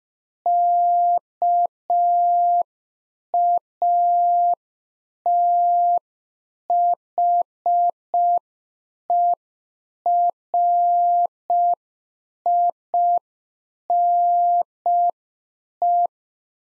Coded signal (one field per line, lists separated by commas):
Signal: Morse code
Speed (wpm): 5 wpm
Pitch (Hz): 700 Hz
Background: none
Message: KATHERINE